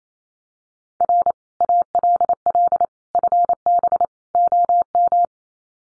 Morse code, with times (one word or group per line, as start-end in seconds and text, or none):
1.0-1.3 R
1.6-2.9 ALL
3.1-4.0 FB
4.3-5.2 OM